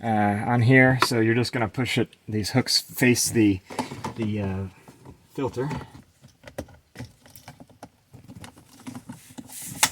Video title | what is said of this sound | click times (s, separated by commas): FX35 / FX45 How to Replace Cabin Air Filter (Project FX35 episode 5) | And then push it until it clicks, and you're back in business. | 9.8 s